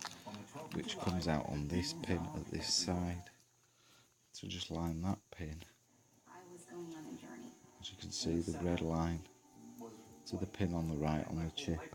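A BIOS flashing clip or adapter for a Chuwi Hi10 is lined up by pin 1 at the programmer slot, just before being pushed home. Someone talks throughout, with only faint handling sounds. Nothing has seated or clicked into place yet.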